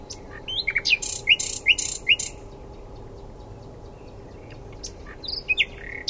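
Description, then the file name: Common nightingale song phrase: several loud, sharp upslurred notes repeated roughly every half second, then a pause and a final few quick chirps. "Luscinia megarhynchos"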